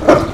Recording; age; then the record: pig call; growing-finishing pig (85 days or more)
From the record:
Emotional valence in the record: positive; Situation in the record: run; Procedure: transit